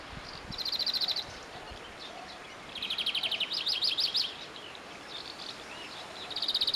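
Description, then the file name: European greenfinch calls: bursts of rapid, high twittering trills, one near the start and a longer run in the middle, with another brief trill at the end; background noise throughout. "Chloris chloris"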